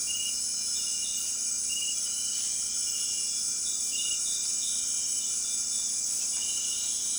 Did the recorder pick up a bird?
no